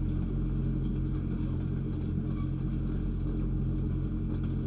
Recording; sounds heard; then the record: poultry house recording; sick chickens (respiratory disease)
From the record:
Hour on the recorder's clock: 20